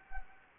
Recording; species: mosquito wingbeat signal from an infrared sensor; Anopheles arabiensis